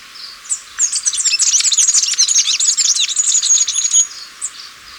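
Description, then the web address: Masked flowerpiercer giving a fast, jumbled run of high, thin twittering notes lasting about three seconds, with a few isolated chips before and after. Recorded in Ecuador. "Natures Songs S America Birds of Ecuador. Masked Flowerpiercer"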